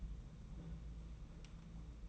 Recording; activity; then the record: daily activity, microphone in the room; place on stove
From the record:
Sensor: 1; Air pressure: 992.0 hPa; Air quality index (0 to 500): 217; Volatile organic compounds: 1000 ppm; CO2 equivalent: 8457 ppm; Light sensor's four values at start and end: 21/74/29/29 and 21/74/29/29